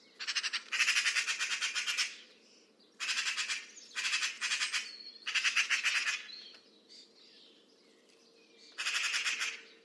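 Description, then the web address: Bird producing loud, grating chatter in long pulsed bouts, some over a second long, with brief gaps and faint other bird notes. "cianscape birddata Deverinetal 2025 Bird Only More Classes Pi Pi Pi Pi"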